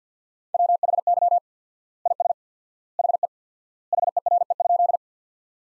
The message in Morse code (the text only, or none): WHY IS HE HERE?